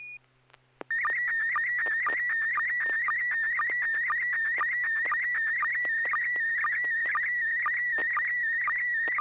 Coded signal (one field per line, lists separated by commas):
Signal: SSTV (slow-scan television)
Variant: PD 120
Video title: N6NA SSTV Net - 07/23/2025